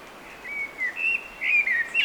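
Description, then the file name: Eurasian blackbird giving smooth, mellow whistled notes in short wavering phrases. "Turdus merula"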